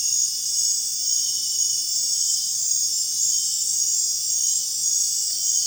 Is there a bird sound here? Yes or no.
no